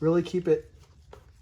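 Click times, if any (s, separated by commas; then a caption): 1.1 s. Someone talks as a mass airflow sensor with its O-ring is pushed firmly all the way into the plastic intake tube housing of a Lexus IS F. A short, faint click is heard at 1.1 seconds, and the sensor is seated.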